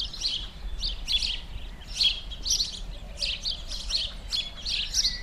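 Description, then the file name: House sparrow calls, a busy run of short, bright chirps with barely a pause, faint rumble underneath. "Passer domesticus"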